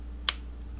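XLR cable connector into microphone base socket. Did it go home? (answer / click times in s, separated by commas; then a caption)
yes / 0.3 s. An XLR cable connector, its three pins lined up with the microphone's base socket, is pushed in and gives one sharp click at 0.3 s. The click means the cable is seated and hooked up right. A low steady hum continues underneath and no one talks.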